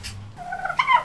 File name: Turkeys